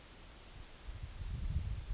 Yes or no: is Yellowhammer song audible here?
no